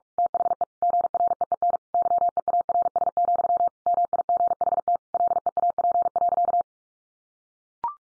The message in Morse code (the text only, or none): THE GREEN YEARS, MIGHT LEAP.